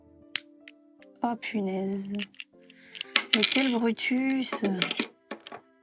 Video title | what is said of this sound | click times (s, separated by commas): Je construis mon premier LEGO Botanicals (Happy Plants) | Pourquoi ça s'emboîte pas ? Dites-moi pas que je me suis gouré à un endroit. | none